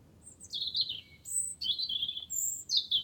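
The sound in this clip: Wren song: shrill high notes sliding downward in quick succession, phrase after phrase.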